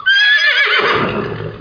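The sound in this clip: Horse whinnying, a single high, shaky neigh that starts bright and quavering, then drops into a lower, rough, breathy tail.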